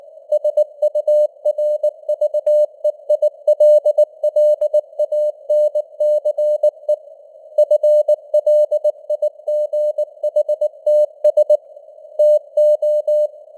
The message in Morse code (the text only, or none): SURVEILLANCE FLIGHTS TO